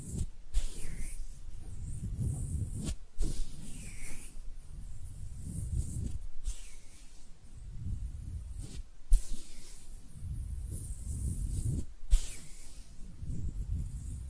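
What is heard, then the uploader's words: Hands rubbing and brushing together in repeated strokes, each lasting a couple of seconds, with soft hissing swishes and a low rumbling texture. Brief silent breaks fall about every three seconds, near 3, 6, 9 and 12 seconds, and a few light taps punctuate the rubbing. ASMR Relaxing Hand Sounds (No Talking).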